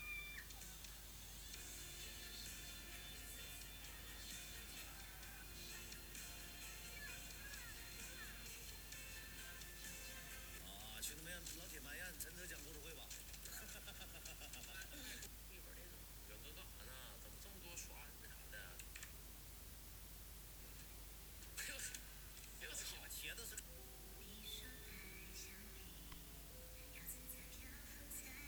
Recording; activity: daily activity, guitar pickup as the sensor; browse video